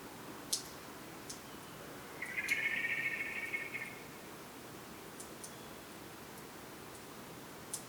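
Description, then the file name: Common blackbird giving a single buzzy, rapidly pulsed rattle lasting under two seconds, with scattered faint clicks before and after. "Turdus merula"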